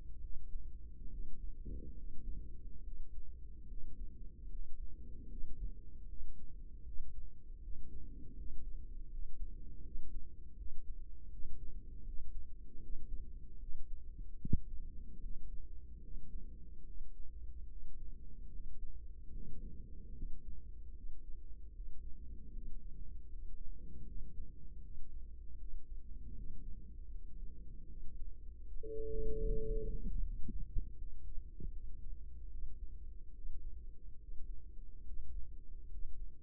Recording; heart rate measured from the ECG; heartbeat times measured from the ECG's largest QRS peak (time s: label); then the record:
heart sounds by microphone in the right ear; 76 bpm
0.18 s: heartbeat
1.08 s: heartbeat
1.93 s: heartbeat
2.81 s: heartbeat
3.65 s: heartbeat
4.47 s: heartbeat
5.26 s: heartbeat
6.05 s: heartbeat
6.82 s: heartbeat
7.59 s: heartbeat
8.33 s: heartbeat
9.08 s: heartbeat
9.81 s: heartbeat
10.54 s: heartbeat
11.28 s: heartbeat
12.02 s: heartbeat
12.78 s: heartbeat
13.57 s: heartbeat
14.37 s: heartbeat
15.19 s: heartbeat
16.00 s: heartbeat
16.83 s: heartbeat
17.67 s: heartbeat
18.49 s: heartbeat
19.30 s: heartbeat
20.12 s: heartbeat
20.93 s: heartbeat
21.72 s: heartbeat
22.51 s: heartbeat
23.27 s: heartbeat
24.04 s: heartbeat
24.80 s: heartbeat
25.56 s: heartbeat
26.33 s: heartbeat
27.09 s: heartbeat
27.85 s: heartbeat
28.63 s: heartbeat
29.42 s: heartbeat
30.19 s: heartbeat
30.95 s: heartbeat
31.70 s: heartbeat
32.48 s: heartbeat
33.31 s: heartbeat
34.16 s: heartbeat
35.02 s: heartbeat
35.87 s: heartbeat
From the record:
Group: healthy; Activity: rest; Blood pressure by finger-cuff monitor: 100/71 mmHg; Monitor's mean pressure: 82 mmHg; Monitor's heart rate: 75 bpm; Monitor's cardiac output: 5.7 L/min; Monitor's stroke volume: 76 mL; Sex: female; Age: 32 years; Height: 172 cm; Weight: 71.7 kg